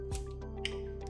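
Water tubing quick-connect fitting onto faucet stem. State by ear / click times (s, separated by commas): seated / 0.6 s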